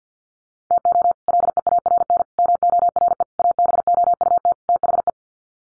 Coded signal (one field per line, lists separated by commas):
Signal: Morse code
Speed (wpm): 50 wpm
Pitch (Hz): 700 Hz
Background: none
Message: TO LEARN MORE ABOUT THE